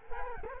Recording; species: mosquito wingbeat signal from an infrared sensor; Culex quinquefasciatus